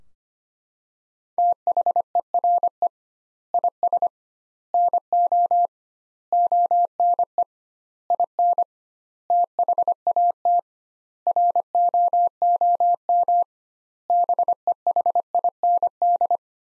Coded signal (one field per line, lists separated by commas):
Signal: Morse code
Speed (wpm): 25 wpm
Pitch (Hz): 700 Hz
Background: none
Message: THERE IS NO ONE IN THAT ROOM BEHIND